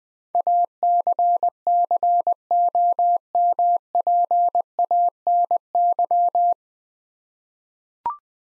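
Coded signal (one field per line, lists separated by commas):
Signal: Morse code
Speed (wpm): 20 wpm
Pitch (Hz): 700 Hz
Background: none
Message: ACCOMPANY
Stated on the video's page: Morse practice drill at 20 wpm sending 9-letter words twice, for head-copy and word-recognition training.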